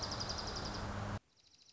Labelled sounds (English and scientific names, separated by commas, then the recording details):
Dark-eyed Junco (Junco hyemalis)
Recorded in Sonoma County, California